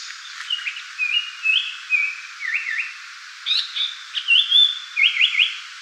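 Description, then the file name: Japanese paradise flycatcher singing whistled phrases, level notes followed by quick zigzag trills, with no other sounds standing out. Recorded 26 June 2016. "sankoutyou 160626"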